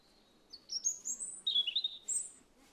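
Robin song fragment: high thin whistled notes stepping upward, then a dropping, trilled phrase and a final high note over soft background noise.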